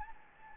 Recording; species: mosquito wingbeat signal from an infrared sensor; Anopheles gambiae